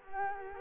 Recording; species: mosquito wingbeat signal from an infrared sensor; Culex quinquefasciatus